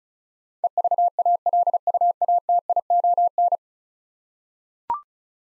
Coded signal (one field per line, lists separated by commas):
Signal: Morse code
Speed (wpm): 36 wpm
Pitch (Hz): 700 Hz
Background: none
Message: EVALUATION